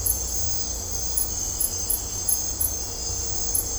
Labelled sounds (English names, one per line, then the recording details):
none
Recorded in dense forest near Puerto Asís, Putumayo, Colombia, on 16 December 2024 at 04:00
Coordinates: 0.503, -76.323
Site G043